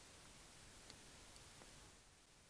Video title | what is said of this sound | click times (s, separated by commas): How to use the DynaCoil with The "B" by DynaVap | and press until you feel it kind of Click into place | 0.9 s